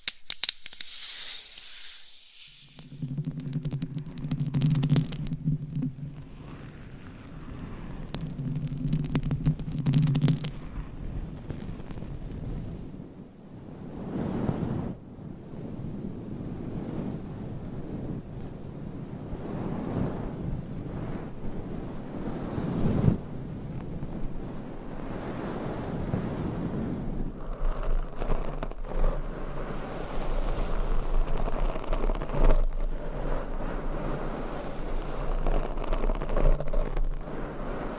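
Scratching, tapping and massage sounds form a dense, rushing rub that runs nearly the whole time, swelling and easing like surf. A low hum sits under the first ten seconds, and sharper taps stand out near 10, 14, 23 and 32 seconds.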